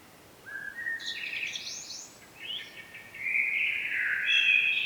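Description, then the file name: Common blackbird song: a low whistled phrase that climbs into a higher warbled stretch, then after a pause a second rich, fluty phrase with squeaky high notes. "Turdus merula"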